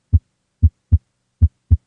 S1 and S2, are. Normal. This pressure pushes the AV valves, remember, the mitral and tricuspid, shut, resulting in the first heart sound. Technically, this sound is caused by the reverberation of blood within the ventricle and not the closure of the valve itself.